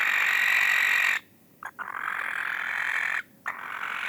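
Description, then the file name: Barn owl giving drawn-out hissy screams broken by short gaps and a few brief clipped notes. "gyongybagoly hangja"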